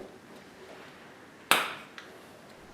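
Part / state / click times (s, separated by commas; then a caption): ignition stick coil into the spark plug well of a motorcycle cylinder head / seated / 1.5 s. A stick ignition coil is pressed down into the spark plug well of a motorcycle cylinder head and snaps into place with a sharp click at 1.5 s, followed by a fainter click at 2.0 s. The coil is seated.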